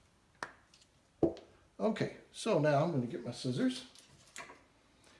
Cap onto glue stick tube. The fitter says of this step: i want to make sure i've got it good for next time make sure you hear that snap listen